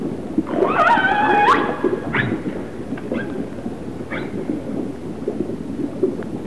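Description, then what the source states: Orca call, one looping harmonic squeal near the start, then faint short upward sweeps among underwater noise. Resident orcas of the A clan.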